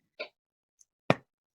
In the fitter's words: it clicks closed because if it doesn't click closed i bet you can guess what would happen